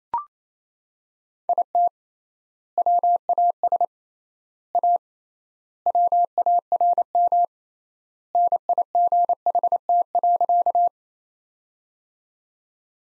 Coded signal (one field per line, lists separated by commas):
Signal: Morse code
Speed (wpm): 28 wpm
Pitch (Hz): 700 Hz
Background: none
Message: IT WAS A WARM NIGHT.